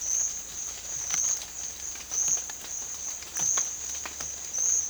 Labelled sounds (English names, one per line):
none